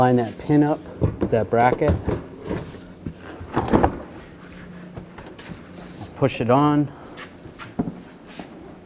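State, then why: Not seated. Someone talks while lining up the plastic front bumper cover of a 2002-2005 Chevrolet TrailBlazer with the pin on its side mounting bracket and pushing it on to lock it in place. Brief knocks and taps of handling are heard around 3.7 to 3.8 seconds and again near 7.8 seconds. Nothing has seated or clicked yet; the clip ends just before the cover goes home.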